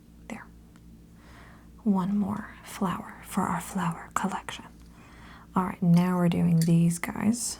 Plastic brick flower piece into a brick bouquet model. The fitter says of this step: I just missed that these actually lock into place here. There we go. There.